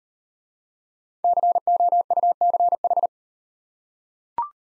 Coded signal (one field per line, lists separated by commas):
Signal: Morse code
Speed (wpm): 37 wpm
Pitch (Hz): 700 Hz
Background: none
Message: COUCH